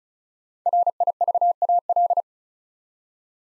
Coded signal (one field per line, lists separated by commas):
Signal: Morse code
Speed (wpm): 36 wpm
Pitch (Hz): 700 Hz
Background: none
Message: RIVAL